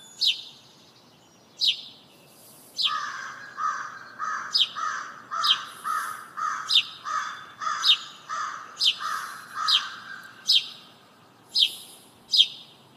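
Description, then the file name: House sparrow giving high, sharp, falling chirps at irregular intervals, joined by a run of lower, rounded chirps. "Passer domesticus"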